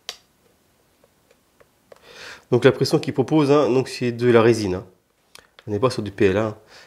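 A resin end piece snaps onto an N1 Naboo Starfighter model, fitted the same way as the previous part, with a sharp click at 0.1 s. A few faint ticks follow before someone talks, and the end piece is seated.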